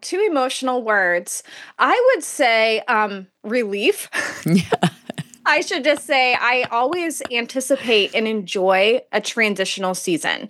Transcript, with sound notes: Two emotional words... I would say, “relief.” (laughter) I should just say, I always anticipate and enjoy a transitional season.